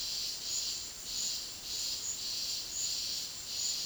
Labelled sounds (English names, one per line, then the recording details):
none
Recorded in dense forest near Puerto Asís, Putumayo, Colombia, on 20 February 2024 at 13:00
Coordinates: 0.485, -76.325
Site G6429